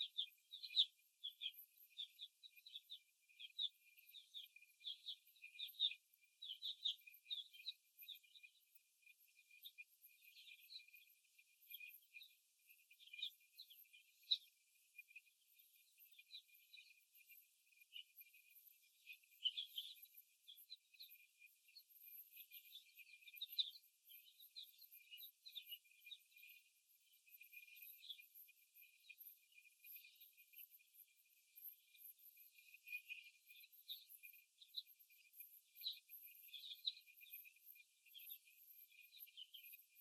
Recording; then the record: young laying hens in a cage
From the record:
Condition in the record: after the stressor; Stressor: simulated dog barking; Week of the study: 1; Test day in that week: 2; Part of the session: 3